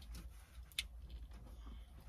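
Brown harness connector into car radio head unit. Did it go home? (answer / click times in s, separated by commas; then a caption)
yes / 0.8 s. The second plastic connector, a brown harness plug, is pushed into the back of an ATOTO car radio head unit in an Audi and seats with a sharp click at 0.8 s. Softer handling noises come before and after the click. The connector clicks home and is fully seated.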